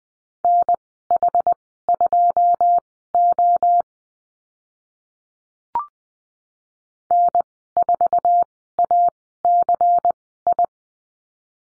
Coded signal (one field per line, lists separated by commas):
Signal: Morse code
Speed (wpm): 20 wpm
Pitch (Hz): 700 Hz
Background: none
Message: NH2O N4ACI